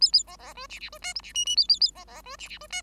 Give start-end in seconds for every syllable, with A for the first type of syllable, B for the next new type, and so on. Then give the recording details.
0.01-0.12 A, 0.12-0.23 A, 0.27-0.36 B, 0.39-0.53 B, 0.55-0.67 C, 0.69-0.80 D, 0.80-0.90 D, 0.92-0.98 C, 1.01-1.14 E, 1.15-1.21 F, 1.23-1.33 D, 1.34-1.45 G, 1.45-1.56 G, 1.56-1.67 A, 1.68-1.79 A, 1.80-1.91 A, 1.95-2.04 B, 2.07-2.22 B, 2.24-2.36 C, 2.38-2.48 D, 2.48-2.58 D, 2.60-2.67 C, 2.70-2.82 E. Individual Bird5